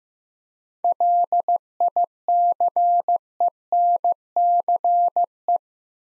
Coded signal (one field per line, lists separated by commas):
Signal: Morse code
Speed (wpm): 15 wpm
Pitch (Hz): 700 Hz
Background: none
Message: LICENCE